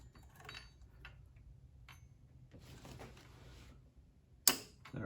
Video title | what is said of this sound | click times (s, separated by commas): P0300 Misfire 2006 Pontiac GTO Fuel Injector Replacement. | That's just going to click right into place. There we go. | 4.5 s